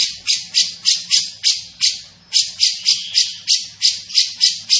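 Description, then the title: Grey-cheeked bulbul delivering a steady string of buzzy, rasping notes, several per second, briefly breaking near the middle. Described as gacor, calling eagerly and often, with a dense, clear voice. "Cucak Jenggot Gacor, Suara Rapat Dan Jernih"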